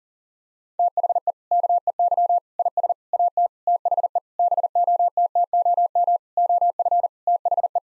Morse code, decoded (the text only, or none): THE KEY IS AT THE BOTTOM OF THE